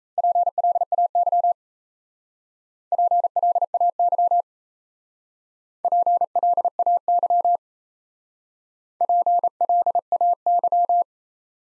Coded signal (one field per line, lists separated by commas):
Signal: Morse code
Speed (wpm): 35 wpm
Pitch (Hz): 700 Hz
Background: none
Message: PLAY PLAY PLAY PLAY